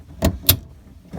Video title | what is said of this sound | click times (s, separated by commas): RV FAUCET REPLACEMENT GUIDE - EASY GUIDE FOR QUICK RV REPAIR | you hear that snap, so that's in. | 0.5 s